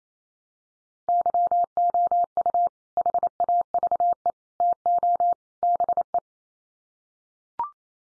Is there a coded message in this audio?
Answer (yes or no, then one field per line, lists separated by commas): yes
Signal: Morse code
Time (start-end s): 1.1-6.2 s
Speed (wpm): 28 wpm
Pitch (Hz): 700 Hz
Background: none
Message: YOU HAVE TO BE